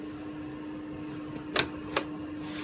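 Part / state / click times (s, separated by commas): drain hose into quick-connect fitting on sterilizer / seated / 1.6 s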